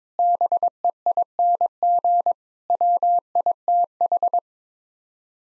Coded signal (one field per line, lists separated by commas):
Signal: Morse code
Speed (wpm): 22 wpm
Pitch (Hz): 700 Hz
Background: none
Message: BEING WITH